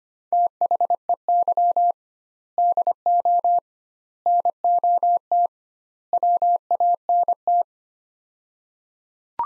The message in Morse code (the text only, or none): THEY DO NOT WANT